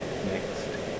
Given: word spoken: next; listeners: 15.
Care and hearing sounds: one English word in noise, from a listening test; speech-shaped noise; -4.5 dB; 3 of 15; 10 of 15; 0.60 s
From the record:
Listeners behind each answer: 10, 3, 1, 1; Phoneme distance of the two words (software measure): 20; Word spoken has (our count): 1 syllable, 5 phonemes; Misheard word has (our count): 1 syllable, 5 phonemes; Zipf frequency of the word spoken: 5.89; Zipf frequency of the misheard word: 4.54

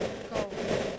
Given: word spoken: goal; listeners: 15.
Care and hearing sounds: one English word in noise, from a listening test; noise modulated by three-talker babble; -7.6 dB; 0 of 15; 8 of 15; 0.59 s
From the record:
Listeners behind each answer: 8, 5, 1, 1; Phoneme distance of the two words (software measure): 7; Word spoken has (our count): 1 syllable, 3 phonemes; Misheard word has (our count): 1 syllable, 4 phonemes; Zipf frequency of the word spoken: 4.97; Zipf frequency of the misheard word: 5.10

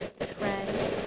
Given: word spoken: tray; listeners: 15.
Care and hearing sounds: one English word in noise, from a listening test; noise modulated by three-talker babble; -4.5 dB; 1 of 15; 6 of 15; 0.67 s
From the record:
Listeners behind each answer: 6, 2, 2, 1, 1, 1, 1, 1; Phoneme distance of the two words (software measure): 24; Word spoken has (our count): 1 syllable, 3 phonemes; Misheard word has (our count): 1 syllable, 5 phonemes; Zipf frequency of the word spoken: 4.15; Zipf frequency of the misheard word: 4.02

